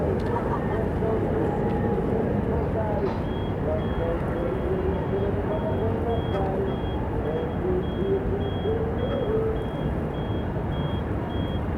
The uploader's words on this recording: City park funfair. Captured early in the early evening in a city centre park. Across the lake, there is a large funfair which is being well attended.